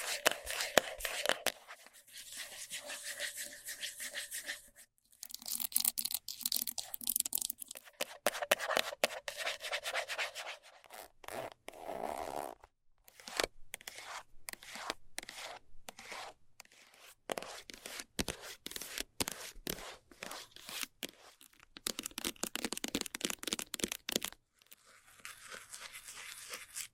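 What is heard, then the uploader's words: Fast, rough scratching comes in dense bursts of quick, bright strokes with short silent breaks. ASMR Fast Scratching for Extreme Tingles（No Talking）.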